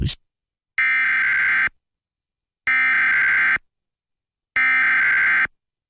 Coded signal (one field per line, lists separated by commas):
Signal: Emergency Alert System (SAME) tones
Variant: header bursts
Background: speech